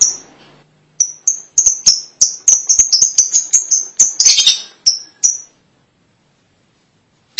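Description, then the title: Lovebird calls: a steady run of sharp, high-pitched chirps, each short and piercing, with a brief harsh burst midway and silence near the end. "BM Suara Burung Lovebird"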